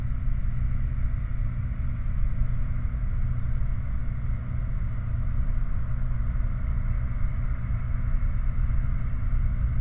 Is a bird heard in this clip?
no